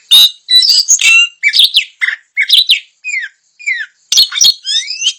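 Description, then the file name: Puff-throated babbler song: a busy run of sharp chirps, buzzy bursts and short downslurred whistles, loud and rapid with brief gaps. Song style described in Indonesian as gacor dor. "Suara Burung Samyong Gacor Dor"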